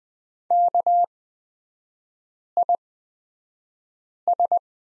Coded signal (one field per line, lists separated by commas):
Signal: Morse code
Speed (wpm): 20 wpm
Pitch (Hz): 700 Hz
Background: none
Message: KIS